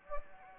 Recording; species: mosquito wingbeat signal from an infrared sensor; Anopheles gambiae